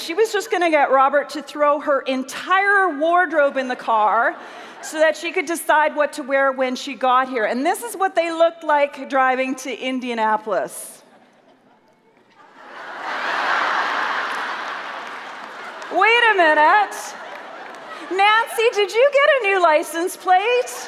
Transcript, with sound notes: She was just going to get Robert to throw her entire wardrobe in the car so that she could decide what to wear when she got here. And this is what they looked like, driving to Indianapolis. (laughter at image on the screen.) Wait a minute! Nancy, did you get a new license plate?!